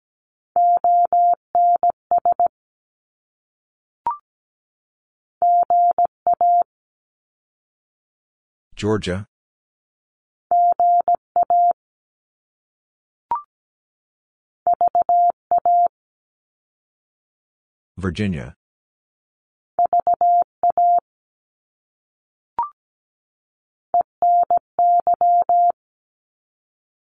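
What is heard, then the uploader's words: Morse code beeps sound as a steady mid-pitched tone, keyed in quick groups of dots and dashes that repeat in similar bursts every few seconds. Between groups come short clicks, and twice, near nine and eighteen seconds, a brief scratchy rushing noise cuts in. ARRL Sections 17wpm. First, it is sent in Morse code. Finally, it is sent again in Morse code.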